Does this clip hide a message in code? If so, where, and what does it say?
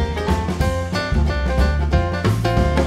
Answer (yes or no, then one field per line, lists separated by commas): no